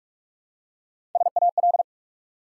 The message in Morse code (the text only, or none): SAL